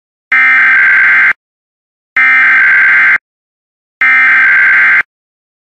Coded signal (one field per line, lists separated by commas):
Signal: Emergency Alert System (SAME) tones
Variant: header bursts